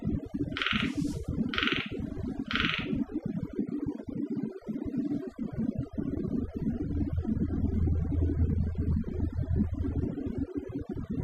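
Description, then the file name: Frog gives three short nasal croaks about a second apart at the start, then only steady low rumbling noise follows. On Okinawa. "Okinawa Frogs"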